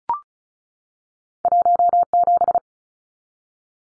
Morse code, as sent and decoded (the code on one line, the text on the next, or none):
.---- --...
17